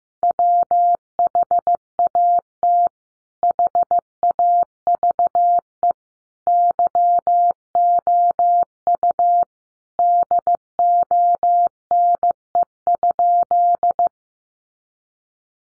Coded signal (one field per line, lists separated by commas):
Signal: Morse code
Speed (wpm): 15 wpm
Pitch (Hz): 700 Hz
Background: none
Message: WHAT HAVE YOU DONE?